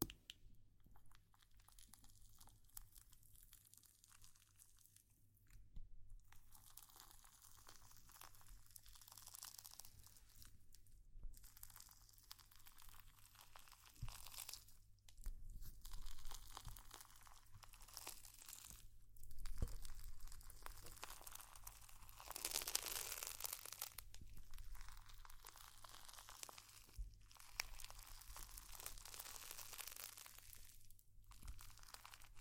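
Slime being squished and worked produces a steady run of sticky, crackling and crinkly sounds, dense and irregular, with small pops and squelches. Brief pauses come around 6, 11, 15, 19 and 31 seconds, and a louder, brighter hissing stretch near 22 to 24 seconds. A low hum persists underneath.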